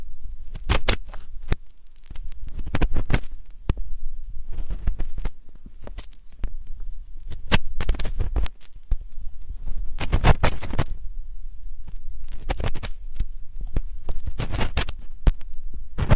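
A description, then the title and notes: Slow ear digging, heard as irregular sharp clicks and brief scratchy crackles that come in loose clusters, thickest around the 1, 3, 7.5, 10 and 15 second marks. A soft, low thumping rumble runs underneath the whole time. Slowly dig your ears.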